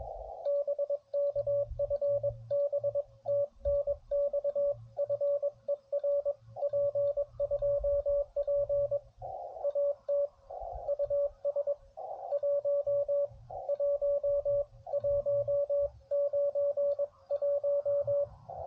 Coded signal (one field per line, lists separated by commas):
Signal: Morse code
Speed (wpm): 21 wpm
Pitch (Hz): 570 Hz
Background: radio noise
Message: BK FB TNX FER P2P AT US 11191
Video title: Back where it all started | CW POTA US-11191